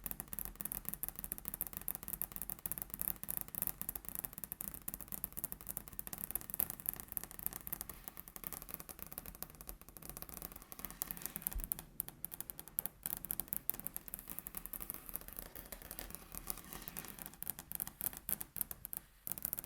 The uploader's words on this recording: ASMR Table Tapping (No Talking).